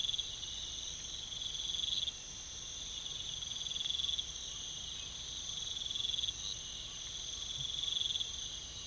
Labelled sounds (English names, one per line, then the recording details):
none
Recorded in pastures near Puerto Asís, Putumayo, Colombia, on 21 December 2024 at 04:30
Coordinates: 0.486, -76.323
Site GP01